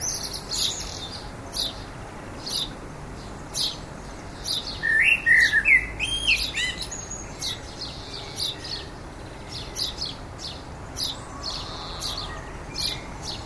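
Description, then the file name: Common blackbird with one mellow warbled phrase midway, set among many scattered high, thin chirps sounding throughout. "Turdus merula"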